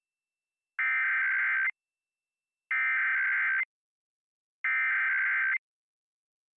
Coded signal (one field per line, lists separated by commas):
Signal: Emergency Alert System (SAME) tones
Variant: header bursts